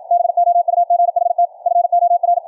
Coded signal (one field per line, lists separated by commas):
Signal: Morse code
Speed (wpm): 53 wpm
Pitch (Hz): 700 Hz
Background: none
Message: BOUGHT FOR